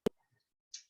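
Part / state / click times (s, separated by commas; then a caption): beaded wire end into hook clasp loop / seated / 0.1 s. A beaded wire jewelry clasp end is pushed into the loop of a hook clasp, closer to the camera, and gives a sharp snap at 0.1 s. A faint scrape follows, then a softer, higher rustle near 0.7 s. The end seats in the hook loop.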